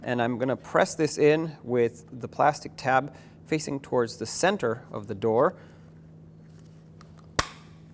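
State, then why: Seated. Someone talks, then presses a door lock cylinder, with its retaining clip already fitted, into a new front exterior door handle for a 2000-2005 Ford Excursion, with the plastic tab facing the center of the door. After a few faint small ticks, a single sharp, loud click at 7.4 s marks the cylinder seating in the handle.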